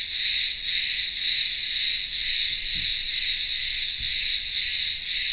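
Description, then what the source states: Cicada: continuous high buzzing of cicadas with slow wavering pulses; a couple of brief soft low thuds in the background. Cicadas in a town square of a remote Greek village on Ikaria island, Greece, in midday heat.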